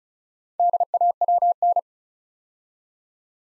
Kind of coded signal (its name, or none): Morse code